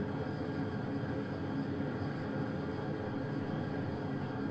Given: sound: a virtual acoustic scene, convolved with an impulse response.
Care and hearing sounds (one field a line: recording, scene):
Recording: olnoise with the full impulse response of the target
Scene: living room, asymmetric